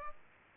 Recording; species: mosquito wingbeat signal from an infrared sensor; Aedes aegypti